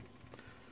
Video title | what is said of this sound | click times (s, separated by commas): MERCEDES nº 3Año: 1912 Typewriter Repair and maintenance, Daktilo Tamiri ve Bakımı | şöyle tık sesi gelmesi lazım. Evet, duydunuz. | 0.3 s, 0.4 s